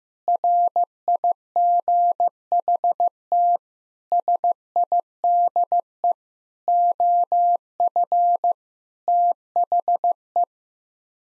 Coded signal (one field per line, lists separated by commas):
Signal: Morse code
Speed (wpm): 16 wpm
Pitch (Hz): 700 Hz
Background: none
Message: RIGHT SIDE OF THE